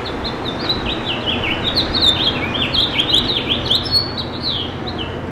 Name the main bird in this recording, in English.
House Finch